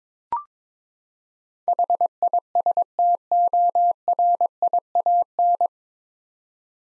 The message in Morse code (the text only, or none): HISTORIAN